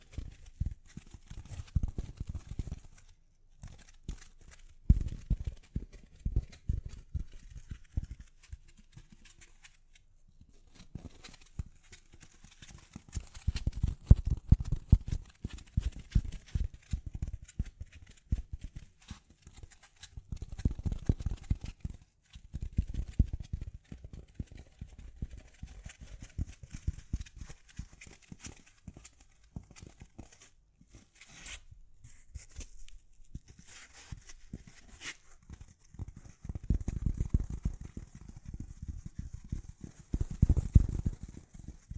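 Gentle tapping comes in rapid, uneven clusters of soft, low knocks, a little like hooves clip-clopping. The taps come in bursts lasting several seconds, separated by short pauses near 3, 11 and 32 seconds, with a faint hiss underneath throughout.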